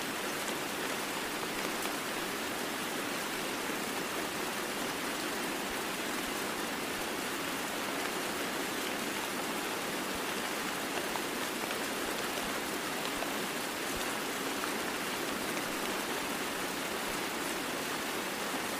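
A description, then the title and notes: Rain falls in the woods as a dense, steady hiss that holds level for the whole stretch without pauses or swells. The sound is bright and full, with little low rumble, and faint scattered drop ticks show up inside the even wash. Rain Sounds In The Woods White Noise.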